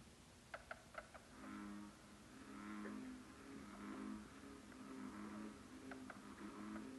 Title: Frogs of Lac Labelle at 1am, Saint-Adolphe-d’Howard, Quebec, Canada on 4th July 2023 – by Mira Burt-Wintonick